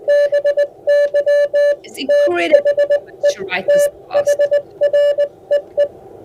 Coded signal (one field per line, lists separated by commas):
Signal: Morse code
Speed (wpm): 20 wpm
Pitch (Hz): 580 Hz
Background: speech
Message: BY THE THREE